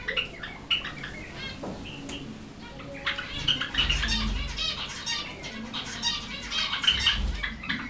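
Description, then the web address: Zebra finch chatter of short nasal honks and beeps, growing busier and overlapping from midway. Finches at Jászberény Zoo in 2015. "allathangok jaszberenyizoo 2015 professzionalis zebrapinty pintyek"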